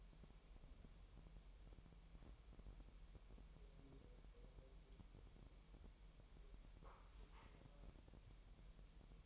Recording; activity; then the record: daily activity, microphone in the room; wipe stove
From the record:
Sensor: 1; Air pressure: 1000.9 hPa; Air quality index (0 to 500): 248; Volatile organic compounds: 148 ppm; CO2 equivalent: 4014 ppm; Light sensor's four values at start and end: 12/28/12/12 and 12/28/11/12